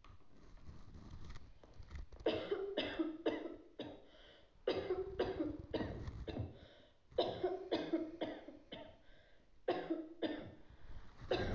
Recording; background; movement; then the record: deep breathing; a bystander coughing; sitting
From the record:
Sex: female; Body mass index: 18.3 kg/m2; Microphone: on the chest, facing outward